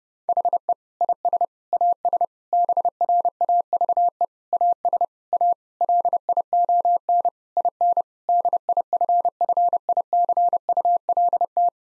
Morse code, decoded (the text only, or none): HE IS AS BRAVE AS A LION IN DIFFICULT